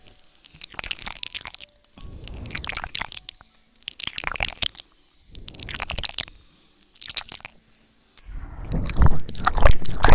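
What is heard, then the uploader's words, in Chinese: Ear-licking and mouth sounds come in wet, crunchy bursts of about a second each, separated by short silences, roughly every two seconds. Each burst is dense with clicky, smacking detail. The final burst, starting near eight seconds, is longer and louder. 舔耳+口腔音。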